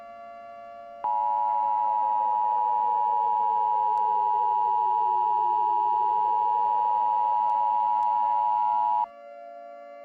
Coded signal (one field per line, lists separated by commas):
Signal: Emergency Alert System (SAME) tones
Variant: 853 and 960 Hz attention tone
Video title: EAS New Year's Special - New Year Disaster